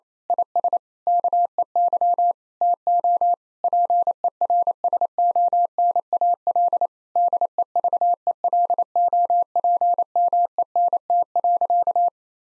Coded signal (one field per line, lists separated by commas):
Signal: Morse code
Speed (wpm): 28 wpm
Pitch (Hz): 700 Hz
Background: none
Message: IS KEY TO PERSONAL DEVELOPMENT.